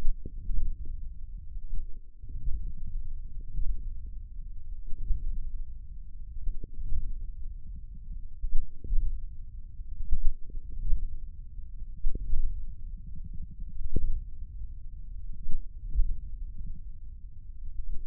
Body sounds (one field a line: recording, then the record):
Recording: forearm muscle sounds (acoustic myography)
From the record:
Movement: hook grip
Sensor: system 1, eight BSWA MPA416 microphones around the upper forearm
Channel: 8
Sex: male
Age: 54 years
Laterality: right